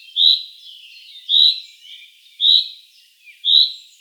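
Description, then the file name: Common chaffinch giving a series of clipped, high ringing notes at a steady pace of roughly one per second, quiet background between calls. "Fringilla coelebs"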